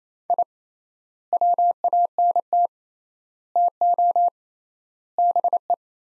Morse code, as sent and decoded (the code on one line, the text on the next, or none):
.. / .-- .- -. - / - --- / -... .
I WANT TO BE